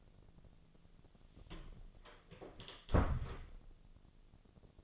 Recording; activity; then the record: daily activity, microphone in the room; close door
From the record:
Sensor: 4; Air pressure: 1001.3 hPa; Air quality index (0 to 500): 184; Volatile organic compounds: 2 ppm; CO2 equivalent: 1314 ppm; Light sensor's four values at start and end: 15/34/14/14 and 16/38/15/16